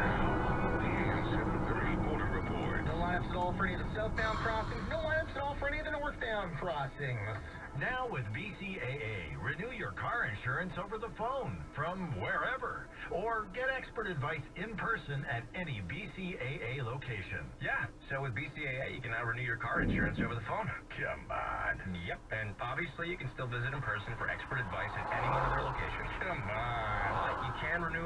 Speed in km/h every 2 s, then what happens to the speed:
42, 28, 11, 0, 0, 0, 0, 0, 0, 0, 0, 0, 2, 3.
0-6 brakes to 0. 6-24 standing.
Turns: none.